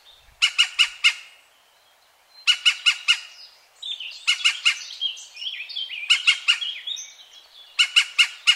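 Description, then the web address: European green woodpecker giving short bursts of four harsh, ringing notes, repeated about every two seconds, while another bird warbles and twitters in between. "chant xeno-canto pic vert"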